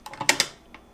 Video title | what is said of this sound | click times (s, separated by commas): Instant Pot Duo Nova Review and Demo Recipes | second method is quick release after cooking is finished press the quick release button down until it clicks | 0.3 s